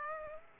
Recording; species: mosquito wingbeat signal from an infrared sensor; Aedes aegypti